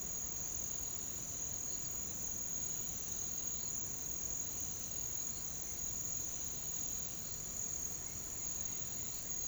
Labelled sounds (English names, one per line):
none